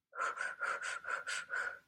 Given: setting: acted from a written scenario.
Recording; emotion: vocal sound without words; distress